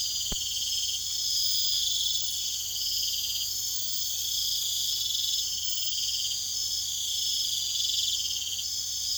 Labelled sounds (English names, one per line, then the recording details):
none
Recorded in secondary vegetation near Puerto Asís, Putumayo, Colombia, on 24 June 2025
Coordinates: 0.488, -76.319
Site G094